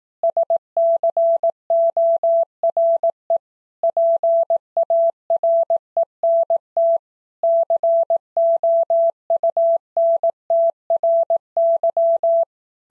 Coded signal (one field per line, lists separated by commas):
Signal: Morse code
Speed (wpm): 18 wpm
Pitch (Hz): 670 Hz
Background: none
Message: SCORE PARENT COUNTRY